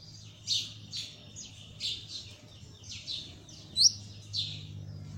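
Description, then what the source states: Belgian canary song, a run of short chirping notes and quick twitters, with a low steady hum underneath. Copper-coloured Belgian canary.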